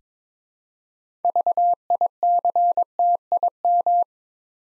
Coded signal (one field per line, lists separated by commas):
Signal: Morse code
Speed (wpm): 22 wpm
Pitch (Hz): 700 Hz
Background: none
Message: VICTIM